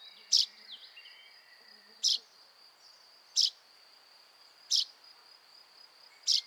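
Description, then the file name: Common chaffinch, five sharp high call notes spaced over a second apart, accompanied by a continuous high insect drone. "Fringilla coelebs"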